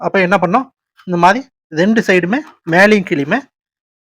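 Someone talks while handling the side latches on the lid of a shrink chamber machine, working them on both sides, top and bottom. Only speech is heard, and nothing has seated or clicked yet.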